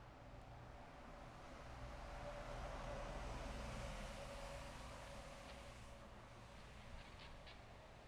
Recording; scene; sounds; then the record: everyday scene through a hearing-aid microphone; in traffic; traffic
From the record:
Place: bus stop on a city main road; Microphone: behind the ear, left, rear